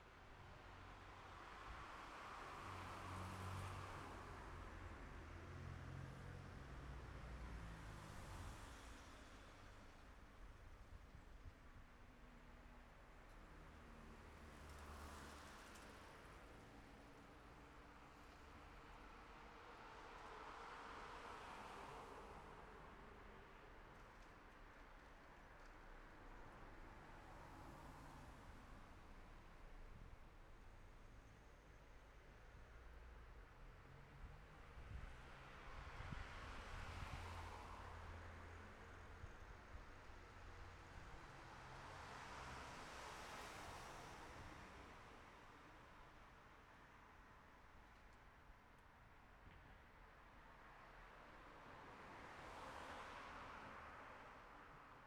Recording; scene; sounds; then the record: everyday scene through a hearing-aid microphone; in traffic; traffic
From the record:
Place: city secondary road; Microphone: behind the ear, left, front